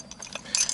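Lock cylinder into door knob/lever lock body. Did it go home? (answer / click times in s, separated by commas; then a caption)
yes / 0.1 s, 0.2 s, 0.4 s, 0.5 s, 0.7 s. A lock cylinder is moved to the centre position and clipped into the body of a lever/knob storeroom lock. A series of sharp mechanical clicks sounds at 0.1, 0.2, 0.4, 0.6 and 0.7 seconds, the fourth the loudest and brightest. The cylinder is seated and clipped into the knob.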